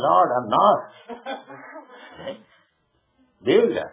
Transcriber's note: laughter